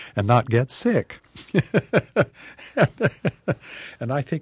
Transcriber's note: soundbite of laughter